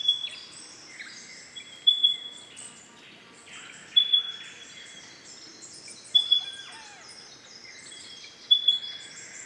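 Pardalote calls: a high, thin repeated note roughly every two seconds, amid a busy chorus of other high chirps and twittering birds.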